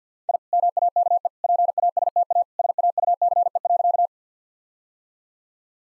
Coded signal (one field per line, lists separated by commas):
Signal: Morse code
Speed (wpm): 49 wpm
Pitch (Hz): 700 Hz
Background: none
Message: I MAKE PASTA SAUCE.